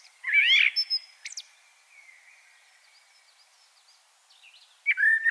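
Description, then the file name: Common blackbird sings a rich whistled phrase with a thin high flourish. Faint birdsong fills a quiet gap before a new fluting phrase starts. "Turdus merula"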